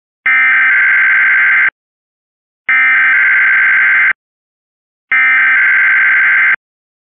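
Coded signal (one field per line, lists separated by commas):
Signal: Emergency Alert System (SAME) tones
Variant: header bursts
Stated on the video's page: Comcast cable Required Weekly Test from the Wheeling, WV headend, with a CAP-originated header.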